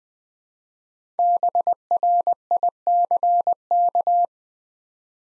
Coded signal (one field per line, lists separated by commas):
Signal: Morse code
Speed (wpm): 20 wpm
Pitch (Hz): 700 Hz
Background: none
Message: BRICK